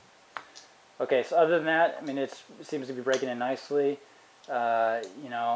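A Buck Vantage Pro folding knife is flicked open, and its liner lock bar snaps into place behind the opened blade with a sharp click at 0.4 s. The blade is fully locked open. Someone then talks.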